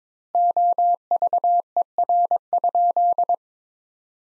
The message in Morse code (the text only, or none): OVER?